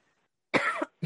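One short, harsh adult cough, with the start of a second cough at the very end.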